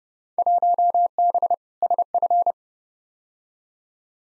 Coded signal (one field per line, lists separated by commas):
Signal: Morse code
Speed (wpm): 31 wpm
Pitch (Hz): 700 Hz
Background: none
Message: 1B SF